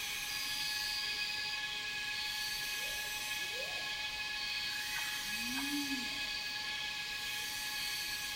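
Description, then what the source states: Cicada chorus hums on as an unbroken high buzz, with a few short bird whistles and one low, arching hoot in the second half. Cicadas in a rainforest, heard together with birds.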